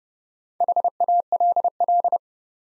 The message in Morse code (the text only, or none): HALL